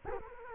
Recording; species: mosquito wingbeat signal from an infrared sensor; Culex quinquefasciatus